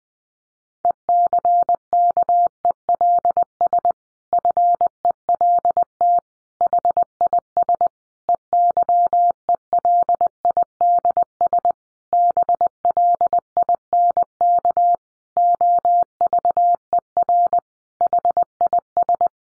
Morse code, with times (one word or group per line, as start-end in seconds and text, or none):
0.8-3.9 ECKELS
4.3-6.2 FELT
6.6-7.9 HIS
8.3-11.7 EYELIDS
12.1-14.9 BLINK
15.4-17.6 OVER
18.0-19.3 HIS